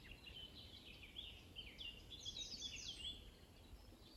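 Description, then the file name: Common nightingale song, quieter varied phrases of quick high notes, building into a fast burst of sharp chirps before fading. "Luscinia megarhynchos"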